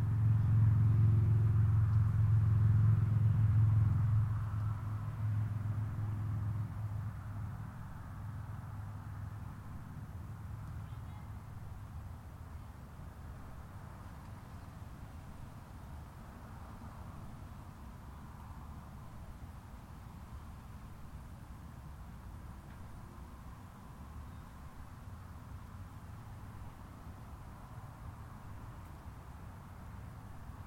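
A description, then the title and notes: Outdoor sound at a golf course in Palm Harbor, FL. A loud, low vehicle rumble dominates the first four seconds, then fades quickly. After that a softer, steady hum and faint background noise continue evenly to the end. Golf Course, Palm Harbor FL.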